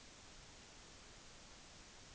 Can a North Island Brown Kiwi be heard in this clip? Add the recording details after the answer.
no. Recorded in New Zealand on 10 November 2013. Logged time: 02:19